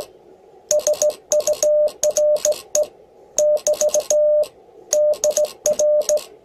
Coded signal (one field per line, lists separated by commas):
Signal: Morse code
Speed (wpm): 17 wpm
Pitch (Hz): 600 Hz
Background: none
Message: SURE <BT> DR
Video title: 20220409 21MHZ BX2AK CW QSO BEGALI INTREPID BUG KEY